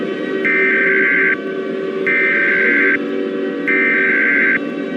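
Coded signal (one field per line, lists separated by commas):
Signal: Emergency Alert System (SAME) tones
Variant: header bursts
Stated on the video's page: Simulated EAS scenario of an overdue solar strike.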